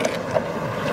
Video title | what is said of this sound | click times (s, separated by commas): Use your iPhone as an External Recorder and for Wildlife? Featuring the Accsoon SeeMo and Nikon Z9 | your phone in push it locks right in | 0.4 s